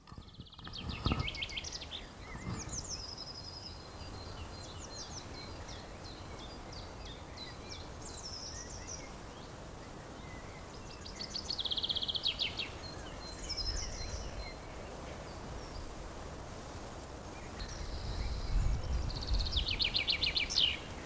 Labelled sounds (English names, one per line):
Common Chaffinch